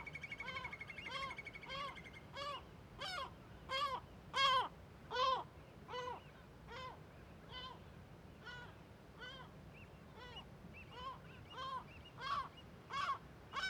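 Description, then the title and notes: Gull alarm calls, harsh repeated barks coming in irregular bursts, with a stretch of quieter calls and other birds calling more softly. Large cliff amphitheatre above Viðarlundin woodland, Kunoy, Faroe Islands; gulls and other birds alarmed at the recordist's approach; quadraphonic recording, MixPre6II with DPA 4021 and 4022 microphones. "Le Palais des mouettes . Grand Cirque . Kunoy, Îles Féroé. Iles Féroé, KUNOY, nous sommes au dessus la forêt de Viðarlundin í Kunoy, le Cirque est énorme et les mouettes et autres oiseaux se mettent en alerte"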